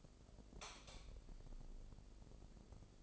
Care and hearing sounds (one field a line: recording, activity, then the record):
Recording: daily activity, microphone in the room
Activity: light off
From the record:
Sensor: 5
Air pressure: 995.4 hPa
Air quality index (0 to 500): 88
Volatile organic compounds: 4 ppm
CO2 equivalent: 1645 ppm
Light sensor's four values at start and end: 36/86/35/35 and 35/81/33/33